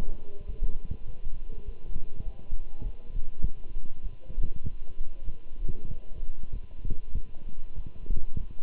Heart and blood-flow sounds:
heart sounds by stethoscope; between the tricuspid and mitral areas; 99 bpm
0.48 s: heartbeat
1.07 s: heartbeat
1.65 s: heartbeat
2.25 s: heartbeat
2.83 s: heartbeat
3.42 s: heartbeat
4.03 s: heartbeat
4.63 s: heartbeat
5.25 s: heartbeat
5.88 s: heartbeat
6.52 s: heartbeat
7.14 s: heartbeat
7.76 s: heartbeat
8.39 s: heartbeat
From the record:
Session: walking at 3.7 km/h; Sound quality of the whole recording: good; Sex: male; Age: 24 years

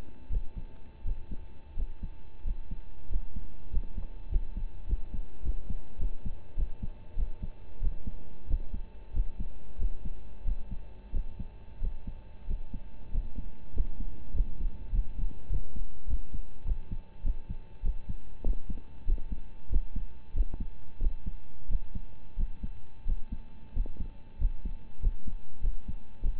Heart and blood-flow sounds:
heart sounds by stethoscope; between the tricuspid and mitral areas; 95 bpm
0.29 s: heartbeat
1.03 s: heartbeat
1.74 s: heartbeat
2.43 s: heartbeat
3.08 s: heartbeat
3.69 s: heartbeat
4.28 s: heartbeat
4.86 s: heartbeat
5.42 s: heartbeat
5.98 s: heartbeat
6.55 s: heartbeat
7.15 s: heartbeat
7.80 s: heartbeat
8.46 s: heartbeat
9.12 s: heartbeat
9.77 s: heartbeat
10.44 s: heartbeat
11.12 s: heartbeat
11.79 s: heartbeat
12.46 s: heartbeat
13.10 s: heartbeat
13.73 s: heartbeat
14.33 s: heartbeat
14.91 s: heartbeat
15.49 s: heartbeat
16.06 s: heartbeat
16.64 s: heartbeat
17.22 s: heartbeat
17.82 s: heartbeat
18.43 s: heartbeat
19.05 s: heartbeat
19.69 s: heartbeat
20.33 s: heartbeat
20.99 s: heartbeat
21.67 s: heartbeat
22.36 s: heartbeat
23.04 s: heartbeat
23.72 s: heartbeat
24.37 s: heartbeat
25.00 s: heartbeat
25.60 s: heartbeat
26.21 s: heartbeat
From the record:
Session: rest, lying down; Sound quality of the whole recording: partially saturated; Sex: male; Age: 25 years

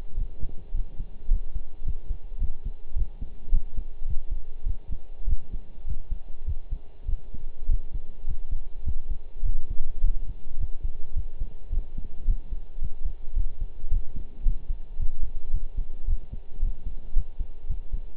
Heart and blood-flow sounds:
heart sounds by stethoscope; between the tricuspid and mitral areas; 106 bpm
0.17 s: heartbeat
0.74 s: heartbeat
1.30 s: heartbeat
1.86 s: heartbeat
2.40 s: heartbeat
2.96 s: heartbeat
3.52 s: heartbeat
4.07 s: heartbeat
4.66 s: heartbeat
5.27 s: heartbeat
5.87 s: heartbeat
6.47 s: heartbeat
7.08 s: heartbeat
7.69 s: heartbeat
8.27 s: heartbeat
8.86 s: heartbeat
9.45 s: heartbeat
10.03 s: heartbeat
10.60 s: heartbeat
11.16 s: heartbeat
11.72 s: heartbeat
12.27 s: heartbeat
12.81 s: heartbeat
13.36 s: heartbeat
13.91 s: heartbeat
14.45 s: heartbeat
14.99 s: heartbeat
15.53 s: heartbeat
16.07 s: heartbeat
16.62 s: heartbeat
17.16 s: heartbeat
17.69 s: heartbeat
From the record:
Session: pedaling a stationary bicycle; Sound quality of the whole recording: partially saturated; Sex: male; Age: 23 years

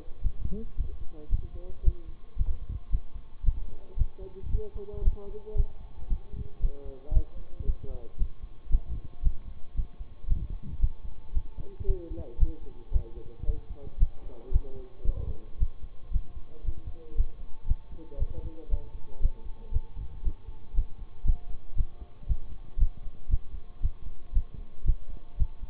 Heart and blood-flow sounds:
heart sounds by stethoscope; between the tricuspid and mitral areas; 114 bpm
0.22 s: heartbeat
0.75 s: heartbeat
1.29 s: heartbeat
1.83 s: heartbeat
2.36 s: heartbeat
2.90 s: heartbeat
3.43 s: heartbeat
3.96 s: heartbeat
4.50 s: heartbeat
5.03 s: heartbeat
5.55 s: heartbeat
6.08 s: heartbeat
6.60 s: heartbeat
7.12 s: heartbeat
7.65 s: heartbeat
8.18 s: heartbeat
8.70 s: heartbeat
9.22 s: heartbeat
9.75 s: heartbeat
10.27 s: heartbeat
10.79 s: heartbeat
11.32 s: heartbeat
11.85 s: heartbeat
12.38 s: heartbeat
12.91 s: heartbeat
13.45 s: heartbeat
13.98 s: heartbeat
14.51 s: heartbeat
15.04 s: heartbeat
15.58 s: heartbeat
16.11 s: heartbeat
16.63 s: heartbeat
17.15 s: heartbeat
17.66 s: heartbeat
18.17 s: heartbeat
18.69 s: heartbeat
19.20 s: heartbeat
19.71 s: heartbeat
20.23 s: heartbeat
20.74 s: heartbeat
21.24 s: heartbeat
21.75 s: heartbeat
22.27 s: heartbeat
22.78 s: heartbeat
23.29 s: heartbeat
23.81 s: heartbeat
24.33 s: heartbeat
24.85 s: heartbeat
25.37 s: heartbeat
From the record:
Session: bicycle stress test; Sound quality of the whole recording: good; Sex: male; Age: 26 years

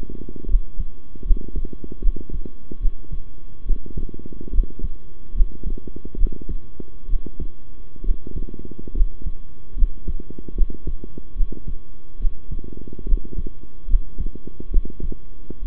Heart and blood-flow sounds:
heart sounds by stethoscope; between the tricuspid and mitral areas; 71 bpm
0.48 s: heartbeat
1.24 s: heartbeat
2.01 s: heartbeat
2.80 s: heartbeat
3.65 s: heartbeat
4.52 s: heartbeat
5.34 s: heartbeat
6.17 s: heartbeat
7.08 s: heartbeat
8.03 s: heartbeat
8.94 s: heartbeat
9.76 s: heartbeat
10.55 s: heartbeat
11.35 s: heartbeat
12.19 s: heartbeat
13.06 s: heartbeat
13.87 s: heartbeat
14.70 s: heartbeat
15.62 s: heartbeat
From the record:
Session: rest, sitting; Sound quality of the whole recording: good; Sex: male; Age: 23 years

